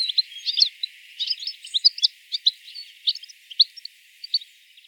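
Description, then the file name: European goldfinch calls: sharp, high tinkling chirps scattered throughout. "Carduelis carduelis"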